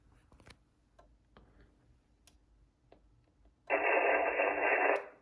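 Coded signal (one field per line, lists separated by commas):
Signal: HF data modem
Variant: VARA HF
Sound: faint static and clicks, then one loud rushing wideband data burst about 1.3 seconds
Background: radio static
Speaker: second time obviously didn't work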